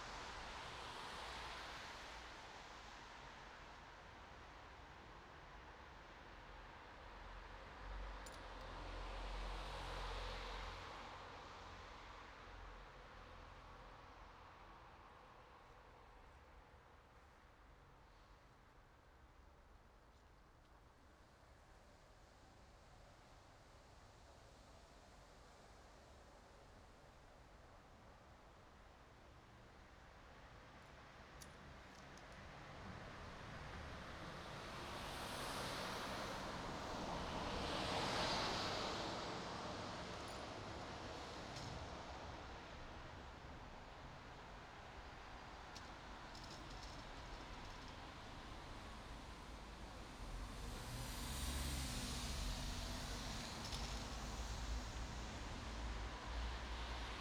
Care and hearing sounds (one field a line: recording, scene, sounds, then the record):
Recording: everyday scene through a hearing-aid microphone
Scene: in traffic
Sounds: traffic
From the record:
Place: bus stop on a city main road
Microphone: in the ear canal, right